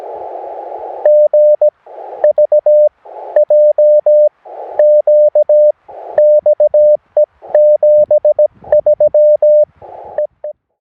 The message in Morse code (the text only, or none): G VJ QXE 73 EE